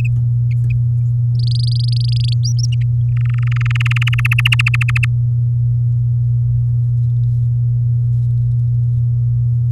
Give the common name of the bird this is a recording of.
Domestic Canary